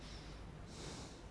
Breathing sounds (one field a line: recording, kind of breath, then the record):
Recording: one breath in and out by a microphone near the nose and mouth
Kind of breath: normal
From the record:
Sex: male